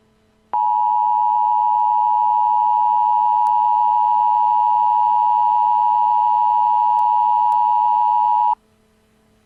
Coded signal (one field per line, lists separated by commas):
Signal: Emergency Alert System (SAME) tones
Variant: 853 and 960 Hz attention tone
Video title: Emergency alert COMPILATION part 2